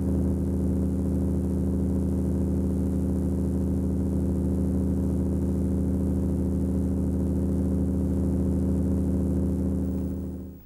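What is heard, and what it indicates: Steady, unbroken low droning hum with a buzzy edge, a simulated tinnitus hearing sample of what tinnitus sounds like.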